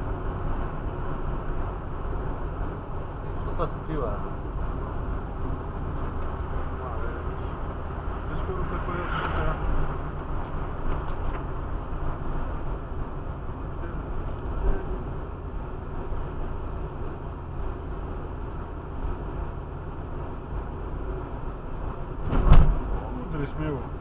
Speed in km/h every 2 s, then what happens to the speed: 52, 51, 47, 48, 46, 49, 48, 48, 49, 48, 47, 47.
0-7 slows to 46. 7-24 steady at about 48.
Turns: none.